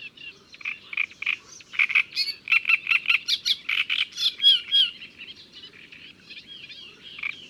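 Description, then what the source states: Great reed warbler song: loud, harsh, croaking syllables repeated rapidly in a rhythmic string, mixed with squeaky whistled notes, against a quiet low background. Recorded in May.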